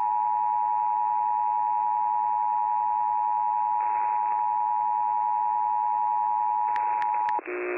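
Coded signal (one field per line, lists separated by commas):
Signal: Emergency Alert System (SAME) tones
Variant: 853 and 960 Hz attention tone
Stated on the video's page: Real tornado and severe weather alerts for Middle Tennessee, including a Tornado Emergency, during a live outbreak.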